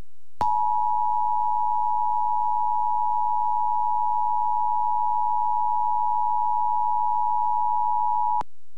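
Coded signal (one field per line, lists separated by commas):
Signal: Emergency Alert System (SAME) tones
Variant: 853 and 960 Hz attention tone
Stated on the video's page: Tornado warning received on NOAA Weather Radio, relayed through an FM station.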